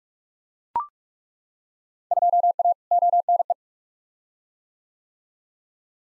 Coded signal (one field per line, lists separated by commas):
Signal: Morse code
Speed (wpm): 42 wpm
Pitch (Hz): 700 Hz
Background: none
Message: 2A ONE